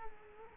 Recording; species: mosquito wingbeat signal from an infrared sensor; Culex quinquefasciatus